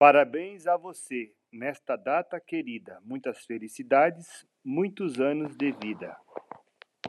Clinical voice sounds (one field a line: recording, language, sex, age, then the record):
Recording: short text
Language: Brazilian Portuguese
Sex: male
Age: 50 to 59 years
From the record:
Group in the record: control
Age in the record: 51 years